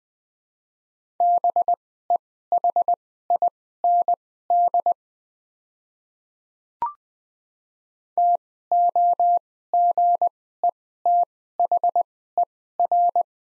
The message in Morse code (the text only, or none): BEHIND TOGETHER